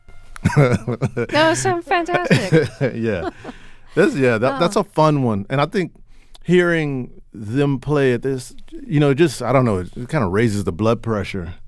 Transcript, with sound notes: That was so fantastic.
(Laughter) Yeah. That's - yeah, that's a fun one. And I think hearing them play this, you know, just - I don't know, it kind of raises the blood pressure,